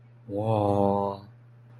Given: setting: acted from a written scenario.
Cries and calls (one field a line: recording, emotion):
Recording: vocal sound without words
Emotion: awe